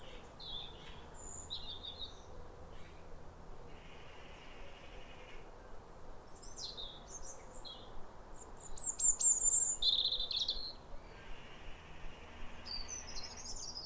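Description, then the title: European robin song of sweet, high, slurred whistles and rapid twitters in separate phrases, with a faint steady hiss at times. Two robins, a pair in neighbouring gardens, singing wistful alternating phrases like a duet at a clear, calm, rosy New Year sunrise in winter after weeks of rain. "Sound Escape 150: Be uplifted by a chorus of New Year's robins"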